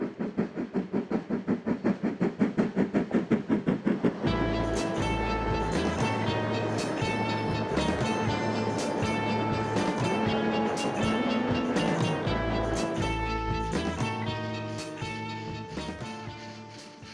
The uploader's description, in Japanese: JR只見線を走るC11 325牽引の「SL会津只見号」